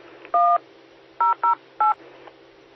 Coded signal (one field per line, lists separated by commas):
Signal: DTMF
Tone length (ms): 140 ms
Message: 1 008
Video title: 2022-04-15 - W5RHS SKYWARN Repeater 147.120 MHz